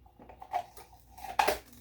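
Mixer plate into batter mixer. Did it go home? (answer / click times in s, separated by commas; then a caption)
no / none. The plate of a Pampered Chef brownie pan batter mixer is being fitted the right way round into the mixer, with soft taps and light handling clatter followed by a louder, sharp knock around 1.4 seconds. Nothing has seated or clicked yet.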